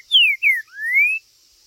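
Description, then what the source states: Green-winged saltator singing one clear phrase: two falling whistled slurs, then a longer smooth rising whistle, with a faint high hum behind. Singing, chirping and territorial calling (macheando) in a contest (disputa); meant to stir up a listener's own trinca-ferro.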